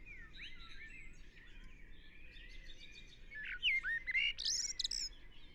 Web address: SETE Turdus merula